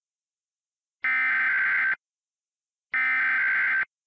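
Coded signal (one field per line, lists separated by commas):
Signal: Emergency Alert System (SAME) tones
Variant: header bursts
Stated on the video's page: Mock EAS made as a green screen test example.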